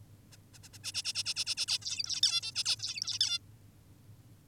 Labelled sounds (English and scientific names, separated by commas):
Zebra Finch (Taeniopygia guttata)